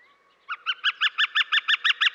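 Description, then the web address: Gilded Flicker: a faint tone first, then a Gilded Flicker starts a rapid string of ringing wik notes, about ten evenly spaced calls that grow slightly louder. Western North America. "Dan Gibson Wildlife Identification By Sound, Western North America. Gilded Flicker"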